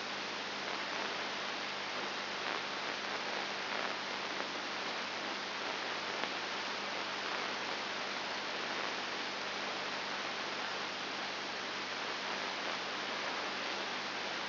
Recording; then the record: brain microelectrode recording played as sound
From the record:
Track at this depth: outside the subthalamic nucleus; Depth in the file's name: 6.1 mm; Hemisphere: left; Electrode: 2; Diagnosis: Parkinson's disease